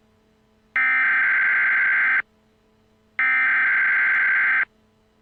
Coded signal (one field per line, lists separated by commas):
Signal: Emergency Alert System (SAME) tones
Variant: header bursts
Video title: The Silence Above An EAS Scenario Remastered EAS #1